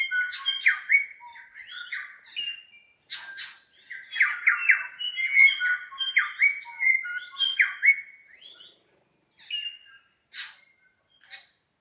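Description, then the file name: New Zealand bellbird song: a long run of liquid, chiming notes mixed with sharp clicks and rattles, easing into a few scattered calls after about nine seconds. More than one bird singing in the Craigieburn Range, New Zealand. "New Zealand Bellbirds (Anthornis melanura) singing in Craigieburn Range"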